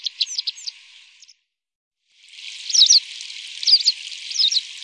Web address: Bergeronnette grise